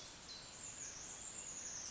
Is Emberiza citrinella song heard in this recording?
no